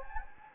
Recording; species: mosquito wingbeat signal from an infrared sensor; Anopheles gambiae